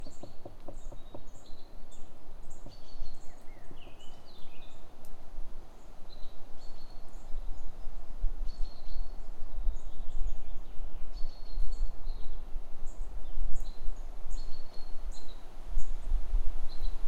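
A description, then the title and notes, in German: A woodpecker's quick knocks, heard through a tree trunk, come in the first seconds, while high chirping birds call throughout over a low rumble. Ein Ohr am Baum des Spechts. Hab' ich das Mikrophon an den Stamm gehalten und das aufgenommen, bevor er mich bemerkt. Plötzlich klopft es im Baum neben mir. Also hab' ich das Mikrophon an den Stamm gehalten.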